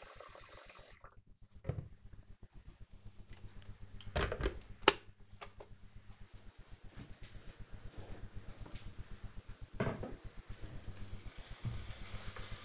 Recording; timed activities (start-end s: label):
household activities, microphone on the right wrist
0.00-12.65 s: making tea